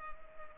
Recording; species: mosquito wingbeat signal from an infrared sensor; Culex pipiens